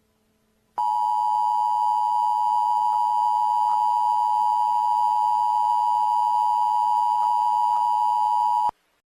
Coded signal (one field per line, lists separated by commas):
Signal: Emergency Alert System (SAME) tones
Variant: 853 and 960 Hz attention tone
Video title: Hazardous Materials - An EAS Scenario